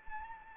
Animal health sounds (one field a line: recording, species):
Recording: mosquito wingbeat signal from an infrared sensor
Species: Anopheles arabiensis